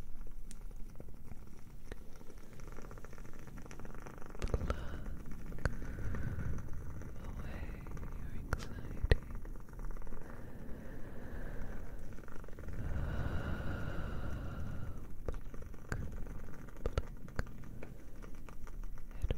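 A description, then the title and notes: A fire crackles with sharp, scattered pops arriving every second or two over a steady low rumble. The rumble swells louder around five seconds and again from about twelve to fifteen seconds, while the pops keep up their irregular pace throughout. Cozy fire sounds, crackling candle.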